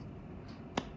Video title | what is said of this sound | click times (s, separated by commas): GO PRO 9 BEST ACCESSORIES TO BUY - Everything You Need to Know. | यह किया यह किया बस लॉक हो गया आपका पूरा टाइप बहुत | 0.8 s